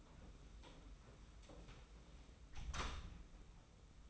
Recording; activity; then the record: daily activity, microphone in the room; close door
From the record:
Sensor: 1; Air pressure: 991.6 hPa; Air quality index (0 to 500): 134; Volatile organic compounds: 512 ppm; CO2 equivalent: 4835 ppm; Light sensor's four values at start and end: 37/118/46/48 and 37/118/46/48